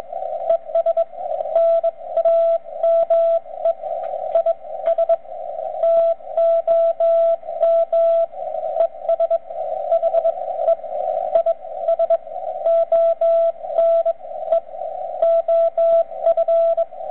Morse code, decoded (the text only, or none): ES NAME IS TOM ES HE IS ONE OF